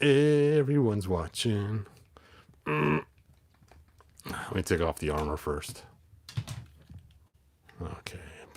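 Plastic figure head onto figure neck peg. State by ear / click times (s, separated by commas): partly seated / 8.1 s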